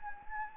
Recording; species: mosquito wingbeat signal from an infrared sensor; Anopheles gambiae